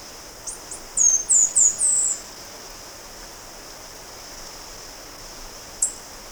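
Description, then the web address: Orange-billed sparrow giving a couple of faint high notes, then four very high, thin, descending slurred notes in quick succession, and one more high note a few seconds later. Recorded in Ecuador. "Natures Songs S America Birds of Ecuador. Orange-Billed Sparrow"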